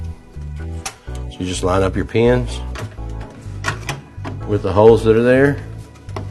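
A power connector is lined up with its pins and the holes of the motherboard header, ready to be pushed on until it snaps and locks into place. Someone talks over background music, with a few short handling taps. Nothing has seated or clicked yet.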